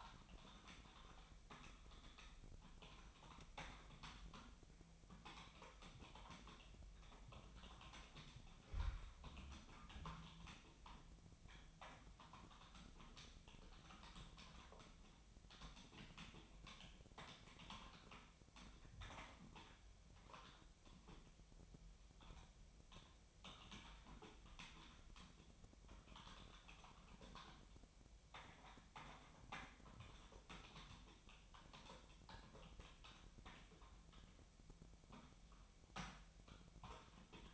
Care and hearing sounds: daily activity, microphone in the room; typing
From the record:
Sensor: 1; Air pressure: 1009.5 hPa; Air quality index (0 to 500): 195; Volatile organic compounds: 19 ppm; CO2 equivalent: 2668 ppm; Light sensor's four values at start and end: 30/76/32/38 and 30/77/32/39

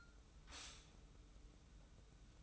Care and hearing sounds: daily activity, microphone in the room; stop toaster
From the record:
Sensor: 1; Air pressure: 990.7 hPa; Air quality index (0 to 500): 143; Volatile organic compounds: 821 ppm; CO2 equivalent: 5147 ppm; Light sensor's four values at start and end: 22/51/21/23 and 22/51/21/23

